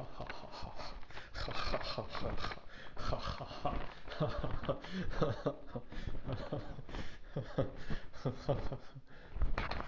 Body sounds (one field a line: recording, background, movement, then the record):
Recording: laughter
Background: quiet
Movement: walking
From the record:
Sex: male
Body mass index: 23.7 kg/m2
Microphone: on the chest, facing outward